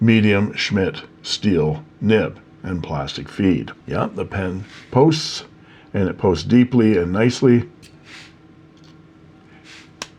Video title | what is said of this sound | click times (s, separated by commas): Andhand Method Brass Fountain Pen | and it closes with a satisfying click. | 10.0 s